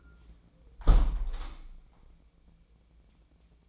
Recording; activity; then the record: daily activity, microphone in the room; close window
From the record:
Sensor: 1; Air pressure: 1012.3 hPa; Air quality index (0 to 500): 162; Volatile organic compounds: 3 ppm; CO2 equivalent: 1324 ppm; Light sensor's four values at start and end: 151/339/150/160 and 151/336/150/160